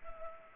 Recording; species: mosquito wingbeat signal from an infrared sensor; Culex pipiens